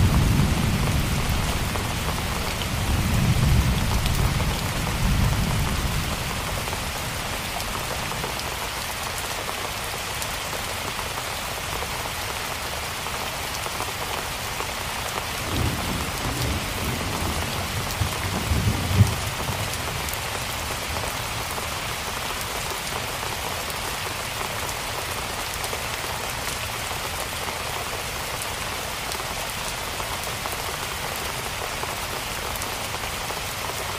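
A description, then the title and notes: Heavy rain hisses steadily and densely across the whole recording, bright. Low thunder rumbles roll through in the first six seconds and again around the fifteen-to-nineteen-second mark, then the rain carries on alone. RAIN & THUNDER. Rainstorm White Noise.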